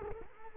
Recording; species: mosquito wingbeat signal from an infrared sensor; Culex quinquefasciatus